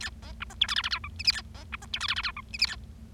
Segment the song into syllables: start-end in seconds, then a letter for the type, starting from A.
0.00-0.09 A, 0.22-0.32 B, 0.40-0.44 C, 0.50-0.53 D, 0.61-0.67 E, 0.68-0.74 F, 0.76-0.82 G, 0.83-0.89 G, 0.91-0.98 H, 1.04-1.08 I, 1.19-1.23 J, 1.25-1.31 K, 1.32-1.41 A, 1.54-1.64 B, 1.72-1.76 C, 1.82-1.86 D, 1.93-1.99 E, 2.00-2.07 F, 2.08-2.14 G, 2.16-2.21 G, 2.23-2.31 H, 2.37-2.41 I, 2.53-2.57 J, 2.59-2.66 K, 2.67-2.76 A